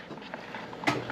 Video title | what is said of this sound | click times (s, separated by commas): Garage Improvements Part 6 - Power and Air! | if you pull it out it will lock into place like that. | 0.9 s